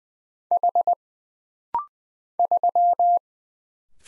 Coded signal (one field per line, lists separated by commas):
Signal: Morse code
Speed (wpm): 20 wpm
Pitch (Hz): 700 Hz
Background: none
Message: H 3